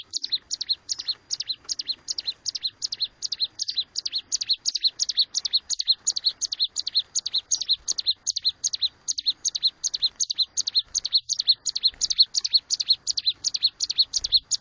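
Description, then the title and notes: Bar-winged prinia song: a long, regular string of high, sharp chips, repeated rapidly and evenly for the whole stretch. A collection of ciblek sounds from singing birds described as gacor (vigorous, persistent singers) and from young birds. "Kicau Ciblek. putri sherin. kumpulan suara burung ciblek gacor dan anakan"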